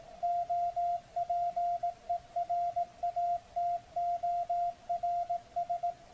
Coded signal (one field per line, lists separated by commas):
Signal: Morse code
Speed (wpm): 17 wpm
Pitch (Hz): 700 Hz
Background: none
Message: OPERATORS